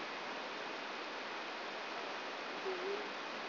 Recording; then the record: brain microelectrode recording played as sound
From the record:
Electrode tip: inside the subthalamic nucleus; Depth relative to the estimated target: 3 mm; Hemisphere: right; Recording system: AlphaMap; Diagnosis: Parkinson's disease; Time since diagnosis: 10 years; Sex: female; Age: 63 years